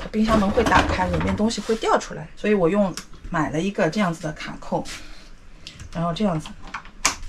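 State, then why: Seated. Someone talks while an add-on plastic latch is fitted over an RV refrigerator door so the door can't swing open and spill its contents while driving. A few soft handling knocks come first, then a sharp click at 7.1 s as the latch snaps shut, holding the door closed.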